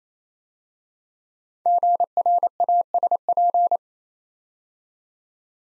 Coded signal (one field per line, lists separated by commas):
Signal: Morse code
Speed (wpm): 27 wpm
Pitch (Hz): 700 Hz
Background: none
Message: GRASP